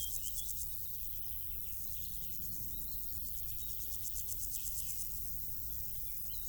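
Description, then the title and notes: Insects: high, pulsed stridulation in bursts, with a few faint bird chirps and a constant low rumble. Insects stridulating in grass on île Gabriel, Brangues, France, on the Rhône; sunny afternoon, June 2021; two small Lom Usi Pro capsules in AB stereo with a MixPre 6. "île Gabriel - Brangues, France - Bourdons et crissements estivaux. Une après-midi ensoleillée sur l'île Gabriel. en juin 2021. je dépose deux petites capsules dans l'herbe afin de capter les stridulations des insectes à cette saison"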